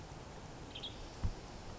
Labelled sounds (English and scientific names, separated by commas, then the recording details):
Western Tanager (Piranga ludoviciana)
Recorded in Sonoma County, California